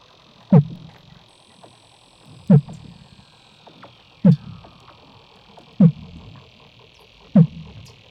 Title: Weddell Seals (Underwater)